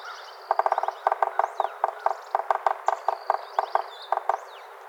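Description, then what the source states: Yellow-bellied sapsucker drumming: a quick burst of taps, then slower, irregular paired knocks like Morse code, with other birds singing high and thin behind. Drumming, five times.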